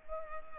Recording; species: mosquito wingbeat signal from an infrared sensor; Culex pipiens